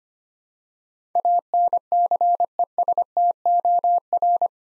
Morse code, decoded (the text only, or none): ANCESTOR